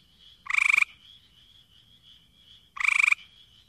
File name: Hyla versicolor - Gray Treefrog